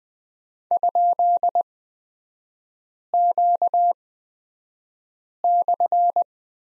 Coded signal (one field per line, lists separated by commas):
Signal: Morse code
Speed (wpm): 20 wpm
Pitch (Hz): 700 Hz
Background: none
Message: ?Q/